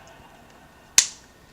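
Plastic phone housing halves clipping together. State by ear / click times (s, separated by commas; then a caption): seated / 1.0 s. The plastic housing halves of a Samsung SCH-1200 flip phone are pressed back together after a motherboard swap until the clips engage. A single sharp snap is heard at 0.98 s, and the housing is seated.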